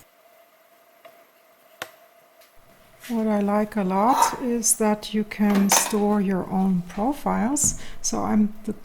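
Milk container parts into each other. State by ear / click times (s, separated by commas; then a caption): seated / 1.8 s. The plastic milk container parts of a Philips LatteGo 5400 series machine are put back together. After a quiet tap at 1.1 s, a sharp click at 1.8 s shows the parts have clicked into each other and are connected properly. From about 3 s, someone talks.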